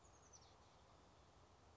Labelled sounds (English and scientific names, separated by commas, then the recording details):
Oak Titmouse (Baeolophus inornatus)
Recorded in Sonoma County, California